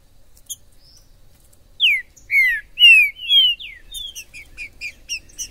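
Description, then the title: Green-winged saltator song: a phrase of several loud, slurred whistles in quick succession, with thin high chips before and after. Wild bird in the forest, chirping, singing and displaying as a male ('macheando') in a singing dispute; labelled 'Major'; used to stir up a pet saltator. "ESQUENTAR Seu TRINCA Piando, Cantando E Macheando Na DISPUTA. TRINCA FERRO no MATO Trinca ferro MAJOR no MATO"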